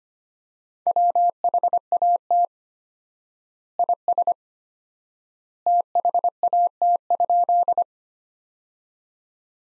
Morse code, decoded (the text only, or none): WHAT IS THAT?